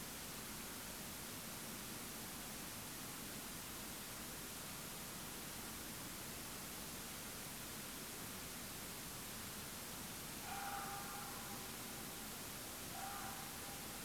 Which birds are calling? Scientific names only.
none